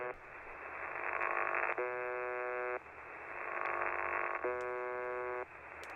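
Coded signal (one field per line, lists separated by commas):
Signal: channel marker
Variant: UVB-76 (The Buzzer)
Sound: two harsh, low, one-second buzzes separated by hissing static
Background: radio static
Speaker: now we are listening to UVB-76, also known as The Buzzer.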